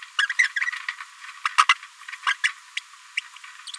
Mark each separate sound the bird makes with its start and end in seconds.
0.19-0.27, 0.39-0.47, 0.56-0.60, 1.45-1.48, 1.69-1.74, 2.26-2.33, 2.44-2.48, 2.77-2.79, 3.17-3.20, 3.67-3.71